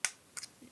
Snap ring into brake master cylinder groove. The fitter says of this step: I don't know if you just heard that snap.